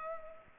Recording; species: mosquito wingbeat signal from an infrared sensor; Culex pipiens